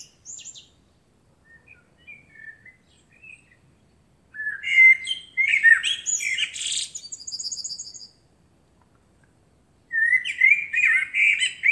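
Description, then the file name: Eurasian blackbird giving a few soft notes, then a rich fluty warbled phrase ending in thin high twitters, and another phrase starting near the end. "Turdus merula"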